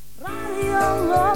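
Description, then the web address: Gull giving a drawn-out wailing mew that wavers up and down. "lokki jinkku"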